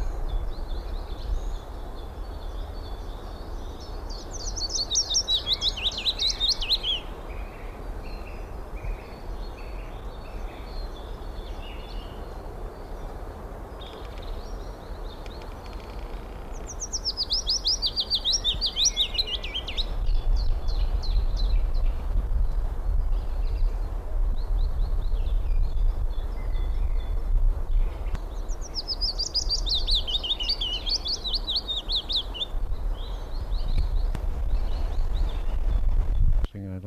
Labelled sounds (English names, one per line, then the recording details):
Willow Warbler song
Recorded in the wild
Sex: male
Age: adult
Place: Summt, Brandenburg, DE
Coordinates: 52.6903, 13.3625
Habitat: garden
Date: 1991-04-13 14:45
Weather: sunny, 18 °C
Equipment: Marantz, Sennheiser ME 80, Kopie Tesla B 116
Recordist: Tembrock, Günter